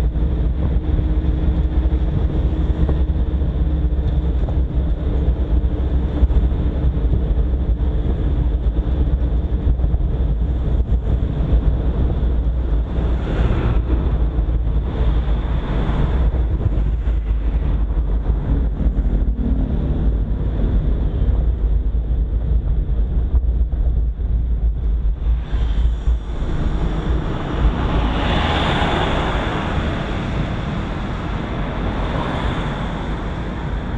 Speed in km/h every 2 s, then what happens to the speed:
40, 39, 39, 38, 38, 36, 32, 31, 27, 22, 20, 13, 6, 2, 0, 0, 0.
0-8 steady at about 39. 8-26 slows to 2. 26-34 standing.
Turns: none.